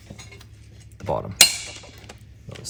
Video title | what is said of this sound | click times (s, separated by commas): You NEED this TOOL on your truck - Hidden Winch Mount Installation - 2025 RAM REBEL & RHO | It'll snap right in place. | 1.4 s